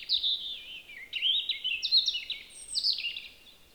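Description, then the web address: European robin singing a rippling, high-pitched phrase of rapid descending slurs and warbled notes without pause, against faint background hiss. "SETE data Erithacus rubecula"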